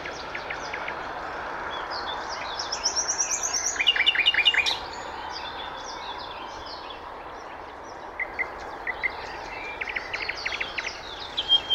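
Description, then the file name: Common nightingale singing varied phrases of rapid repeated notes and short whistles, loudest around four seconds, over steady hiss. "Luscinia megarhynchos"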